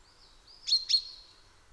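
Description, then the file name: Common chaffinch calling: two quick, sharp metallic 'pink' notes after a soft high whistle, in a quiet background. "Fringilla coelebs"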